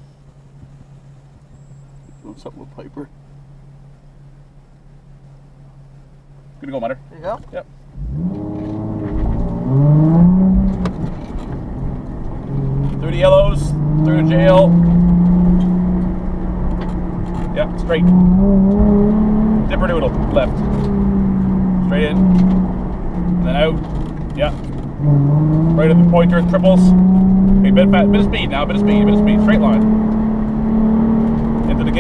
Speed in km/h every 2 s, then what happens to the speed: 0, 0, 0, 0, 12, 4, 40, 50, 51, 61, 61, 50, 43, 58, 60, 66.
0-6 standing. 6-19 pulls away to 61. 19-23 brakes to 43. 24-32 speeds up to 66.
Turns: none.